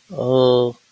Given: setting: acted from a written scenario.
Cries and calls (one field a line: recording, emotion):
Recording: vocal sound without words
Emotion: guilt